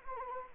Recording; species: mosquito wingbeat signal from an infrared sensor; Anopheles arabiensis